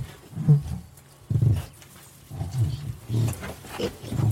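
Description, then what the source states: Gascon black pig grunts: short, deep, rough grunts in irregular bursts, with faint background noise. Porc noir de Bigorre sows with piglets in an open-air maternity area; piglets released with mothers from about fifteen days old, running between sow huts; traditional farming in Gard woodland, France.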